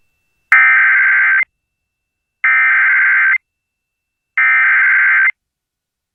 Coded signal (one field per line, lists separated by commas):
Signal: Emergency Alert System (SAME) tones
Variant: header bursts